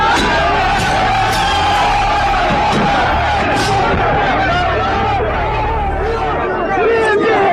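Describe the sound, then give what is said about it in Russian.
A large crowd of local residents at a 2013 protest rally against nickel mining in Prikhopyorye, Russia, shouts and chants together, a loud, dense roar of many voices with occasional whoops rising over steady babble throughout. “Митинги местных жителей против разработки никеля.”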